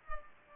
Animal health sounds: mosquito wingbeat signal from an infrared sensor; Culex pipiens

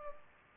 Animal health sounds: mosquito wingbeat signal from an infrared sensor; Culex pipiens

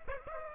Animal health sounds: mosquito wingbeat signal from an infrared sensor; Aedes aegypti

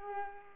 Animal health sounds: mosquito wingbeat signal from an infrared sensor; Culex pipiens

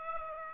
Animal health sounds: mosquito wingbeat signal from an infrared sensor; Aedes aegypti

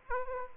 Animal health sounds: mosquito wingbeat signal from an infrared sensor; Aedes aegypti

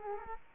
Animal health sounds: mosquito wingbeat signal from an infrared sensor; Culex quinquefasciatus

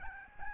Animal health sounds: mosquito wingbeat signal from an infrared sensor; Aedes albopictus

